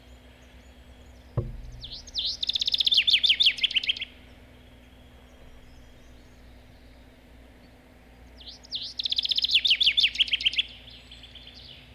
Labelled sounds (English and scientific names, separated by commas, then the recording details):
Common Chaffinch (Fringilla coelebs)
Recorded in the wild
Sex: male
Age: adult
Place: Detmold, OT Hiddesen, Teutoburger Wald, Nordrhein-Westfalen, DE
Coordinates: 51.9272, 8.80583
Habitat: pond
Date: 1966-04-11
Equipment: Uher 4000 Report-S, Bändchenmikro Beyer M 260, Parabolspiegel Polyester (470 mm)
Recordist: Conrads, Klaus